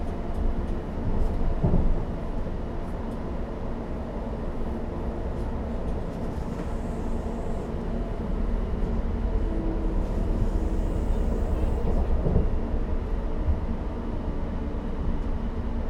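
Inside a commuter train, a steady low rumble of wheels and motor fills the cabin without letup. Brief clunks and rattles come near two and twelve seconds, and a faint whine drifts in around seven and eleven seconds over the constant hum.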